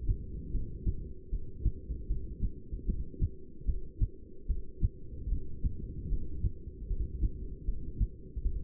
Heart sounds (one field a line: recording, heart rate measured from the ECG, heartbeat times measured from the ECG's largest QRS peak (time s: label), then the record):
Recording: heart sounds by stethoscope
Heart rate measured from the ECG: 76 bpm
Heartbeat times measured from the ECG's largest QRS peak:
0.52 s: heartbeat
1.31 s: heartbeat
2.08 s: heartbeat
2.86 s: heartbeat
3.66 s: heartbeat
4.47 s: heartbeat
5.29 s: heartbeat
6.10 s: heartbeat
6.88 s: heartbeat
7.66 s: heartbeat
8.43 s: heartbeat
From the record:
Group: heart failure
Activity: rest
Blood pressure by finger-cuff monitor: 185/128 mmHg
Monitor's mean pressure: 144 mmHg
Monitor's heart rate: 76 bpm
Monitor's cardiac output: 6.6 L/min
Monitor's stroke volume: 87 mL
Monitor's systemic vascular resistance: 1650 dyn s/cm5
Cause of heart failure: non-ischemic cardiomyopathy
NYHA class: 1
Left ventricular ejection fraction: 62%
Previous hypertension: present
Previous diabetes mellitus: present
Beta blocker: bisoprolol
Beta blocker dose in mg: 10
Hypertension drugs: sacubitril-valsartan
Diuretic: furosemide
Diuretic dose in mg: 20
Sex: male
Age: 49 years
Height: 167 cm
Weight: 110 kg